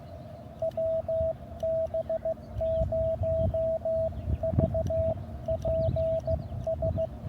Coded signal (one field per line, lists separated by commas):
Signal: Morse code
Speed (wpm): 15 wpm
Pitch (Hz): 650 Hz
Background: none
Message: WB0VPS